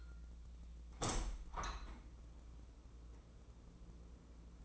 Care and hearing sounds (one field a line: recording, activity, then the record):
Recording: daily activity, microphone in the room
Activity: open window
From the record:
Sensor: 1